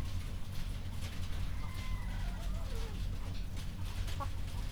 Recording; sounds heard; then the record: poultry house recording; healthy chickens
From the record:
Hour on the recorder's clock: 22